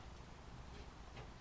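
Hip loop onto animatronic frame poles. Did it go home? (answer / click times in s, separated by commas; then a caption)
no / none. A plastic hip loop is lined up on the animatronic's frame poles, with its larger hole over the thicker pole, its smaller hole over the thinner one, and the tag facing front. Only faint handling noise and a low, steady rumble are heard, and nothing has seated or clicked yet.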